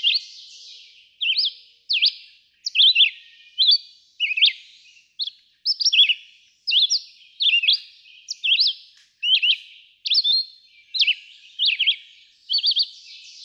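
Red-eyed vireo giving quick, clear whistled phrases one after another, each a short slur.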